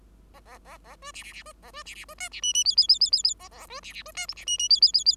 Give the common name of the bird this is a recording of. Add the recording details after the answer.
Bengalese Finch. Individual Bird5